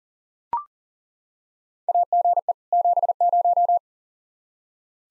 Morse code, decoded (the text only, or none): AGE 70